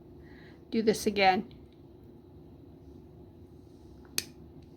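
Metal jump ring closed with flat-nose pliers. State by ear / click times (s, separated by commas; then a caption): seated / 4.2 s. A metal jump ring is squeezed closed with flat-nose pliers until its two ends snap into line. Someone talks early on, then after a quiet stretch a sharp click sounds at 4.2 s as the two ends line up and the ring is seated.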